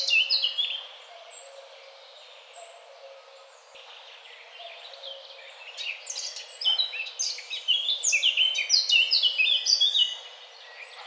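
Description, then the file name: Eurasian blackcap song: a brief opening phrase, a long quiet stretch with faint notes, then a lively burst of fast, varied warbling toward the end. "Sylvia atricapilla"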